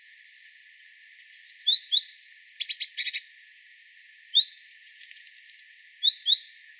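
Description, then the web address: Great tit calls: short whistled notes in small groups with a harsh buzzy rattle in between, repeating throughout. "SETE data Parus major"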